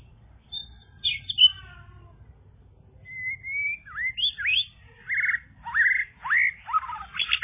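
Bird song: soft high notes, then a sequence of loud slurred whistles dipping and rising, building toward the end.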